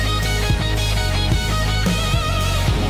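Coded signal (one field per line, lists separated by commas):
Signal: none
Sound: country song guitar notes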